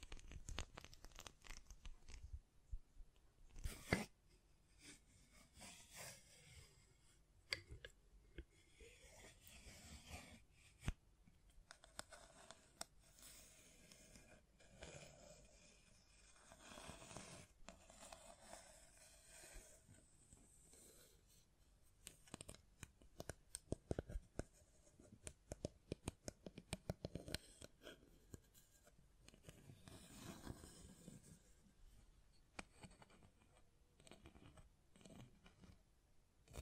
Tapping, Scratching, Mic Brushing, Hand Sounds